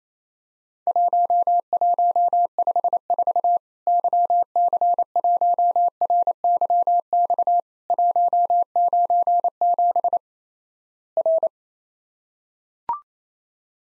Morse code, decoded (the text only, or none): 1154 YC1RYX 197 R